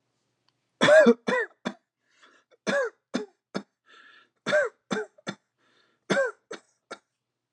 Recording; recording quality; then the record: shallow voluntary cough; excellent, no background noise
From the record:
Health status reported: exposed to COVID-19, no respiratory illness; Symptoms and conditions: hypertension, diabetes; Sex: male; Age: 49 years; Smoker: not ticked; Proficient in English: yes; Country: United States